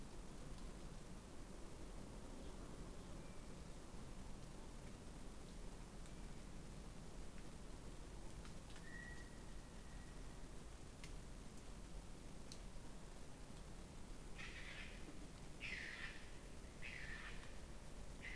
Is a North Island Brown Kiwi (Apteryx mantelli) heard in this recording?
no